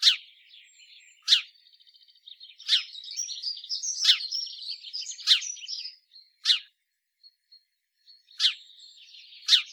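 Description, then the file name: House sparrow giving a series of loud chirps every one to two seconds, with quieter chattering between some of them. "Passer domesticus"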